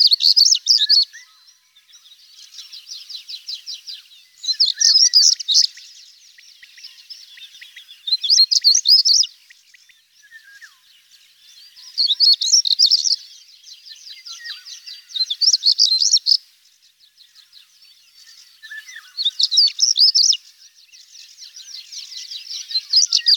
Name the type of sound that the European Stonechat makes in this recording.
song